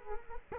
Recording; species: mosquito wingbeat signal from an infrared sensor; Culex quinquefasciatus